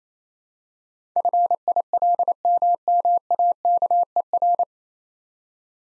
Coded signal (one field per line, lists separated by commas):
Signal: Morse code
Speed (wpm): 28 wpm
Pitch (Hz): 700 Hz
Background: none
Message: FILMMAKER